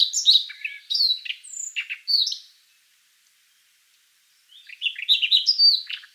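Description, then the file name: Siberian rubythroat song, a jumble of sharp high whistles and chirps, a pause of about two seconds, then another rapid varied phrase. "solovey krasnosheyka golos"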